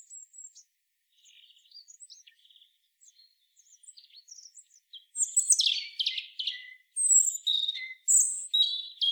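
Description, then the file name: European robin song: soft, scattered high twitters at first, building into louder tumbling phrases of shrill warbles and quick trills, with short pauses between them. "Erithacus rubecula"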